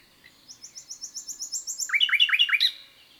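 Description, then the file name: Common nightingale singing a rapid series of thin high notes that builds into loud, rich, chopped notes repeated about four times, then stops abruptly. "Luscinia megarhynchos"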